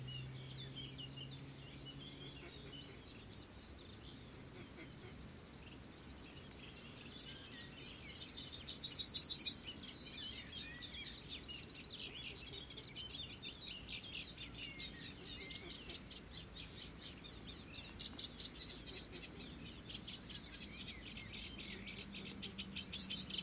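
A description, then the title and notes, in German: The usual birds chirp and twitter throughout over a steady low rumble. Calls come in quick, busy trills, with a louder, brighter burst of song from about 8 to 10 seconds and another sharp call right at the end. Danach kamen die üblichen Vögel.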